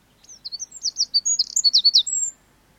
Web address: BBC Wrens